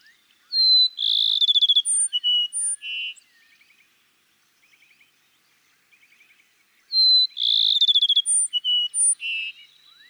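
Cassin's sparrow song given twice, about six seconds apart: a sharp whistled opening, a rapid stuttering trill, then clear lower whistled notes, with faint soft chirps between.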